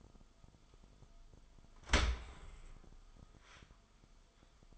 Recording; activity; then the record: daily activity, microphone in the room; open dishwasher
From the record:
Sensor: 5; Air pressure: 1004.8 hPa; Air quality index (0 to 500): 96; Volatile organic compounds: 2 ppm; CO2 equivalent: 1152 ppm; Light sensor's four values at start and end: 33/76/31/30 and 33/76/31/30